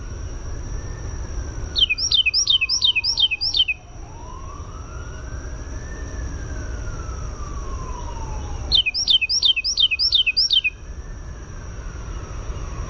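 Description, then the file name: Carolina wren song, two loud bursts of about six rapid repeated ringing phrases, while a wailing siren rises and falls in the background. "CARW song"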